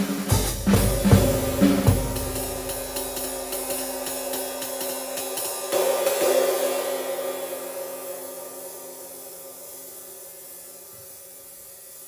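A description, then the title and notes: A flat ride cymbal fitted with three rivets is struck several times in the first two seconds, then again near six seconds. Each hit leaves a bright shimmer with a sizzling rattle from the rivets, and the sustained ring slowly fades toward the end. Sabian Jack DeJohnette flat ride. A brief demo of a 1994 Sabian 20” Jack DeJohnette signature flat ride cymbal, 2035 grams, with three rivets.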